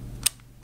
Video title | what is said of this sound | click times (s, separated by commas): HOW TO INSTALL RAM / Memory laptops notebooks PCs Computers upgrade review | here the click | 0.3 s